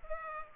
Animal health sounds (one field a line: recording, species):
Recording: mosquito wingbeat signal from an infrared sensor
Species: Culex pipiens